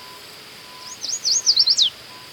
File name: Setophaga aestiva - American Yellow Warbler